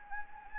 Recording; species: mosquito wingbeat signal from an infrared sensor; Anopheles gambiae